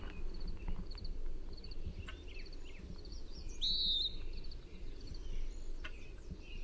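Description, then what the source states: Western wood-pewee giving a single peeer note midway through, with faint chirps of other birds and a low steady rumble underneath. Call type given as peeer.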